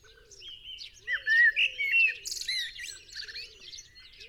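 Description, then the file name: Common blackbird song: a rich fluted phrase ending in a squeaky twitter, over other birds chirping and a faint low cooing repeated several times. "Turdus merula"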